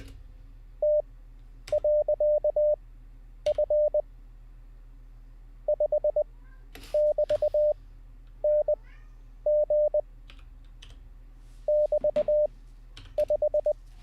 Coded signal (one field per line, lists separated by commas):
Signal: Morse code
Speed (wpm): 20 wpm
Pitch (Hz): 600 Hz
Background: none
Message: T.F 5<BT>NG <BT>5